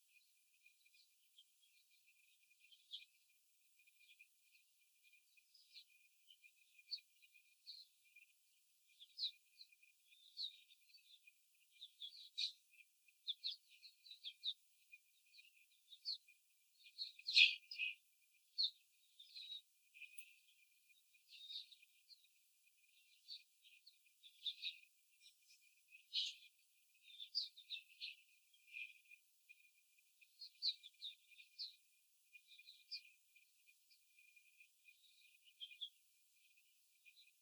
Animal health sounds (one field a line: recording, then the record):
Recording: young laying hens in a cage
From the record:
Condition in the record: before the stressor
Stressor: simulated dog barking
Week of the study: 4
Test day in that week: 2